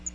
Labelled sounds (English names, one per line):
Magnolia Warbler flight call